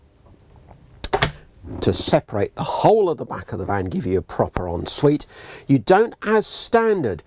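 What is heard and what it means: A swinging washroom door in a motorhome is pushed round until it locks into place, closing off the back of the van as an en suite. A sharp, loud latch click is heard at 1.0 s, followed by a couple of quick knocks. Someone then talks for the rest of the clip.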